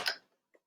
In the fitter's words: and it should click into place like this